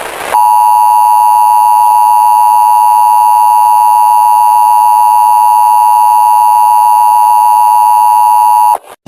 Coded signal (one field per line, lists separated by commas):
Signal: Emergency Alert System (SAME) tones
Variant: 853 and 960 Hz attention tone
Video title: Bad Anti Piracy Screens be like || EAS Scenario